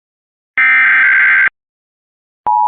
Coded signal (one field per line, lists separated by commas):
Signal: Emergency Alert System (SAME) tones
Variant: header bursts